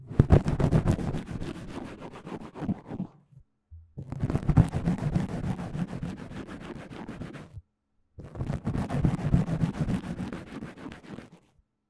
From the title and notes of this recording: 讓您放鬆棉花&羽毛觸發. Relaxing Mic Scratching | Touching | NO Talking.